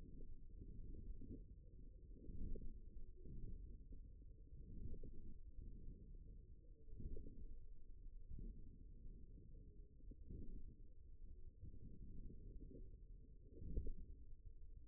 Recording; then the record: forearm muscle sounds (acoustic myography)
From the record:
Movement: forearm pronation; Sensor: system 1, eight BSWA MPA416 microphones around the upper forearm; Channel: 7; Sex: male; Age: 54 years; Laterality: right